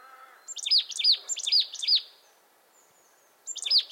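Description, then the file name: Marsh tit call: a fast run of several bright, high chipping notes trailing into a buzz, then another short burst after a long pause. "Poecile palustris"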